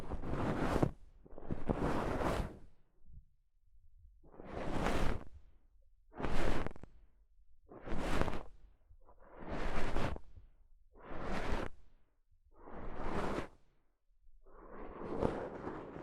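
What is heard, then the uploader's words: Soft fabric brushes across a microphone in regular whooshing strokes, roughly every one and a half seconds, with brief near-silent gaps between them. ASMR Mic Brushing using Soft Fabric (No Talking).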